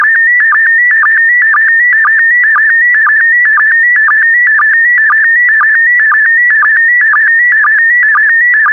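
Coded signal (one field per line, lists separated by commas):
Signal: SSTV (slow-scan television)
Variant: PD120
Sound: continuous warbling tone near 2 kHz, interrupted by short low blips about twice a second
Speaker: Get ready. Starting transmission in 5, 4, 3, 2, 1. Transmission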